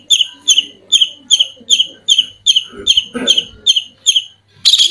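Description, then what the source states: Long-tailed shrike giving sharp, harsh notes repeated steadily about two or three times a second, ending in a brief scratchy burst. Long-tailed shrike (cendet) song, billed as 'mewah' (premium); a masteran recording used to train other birds.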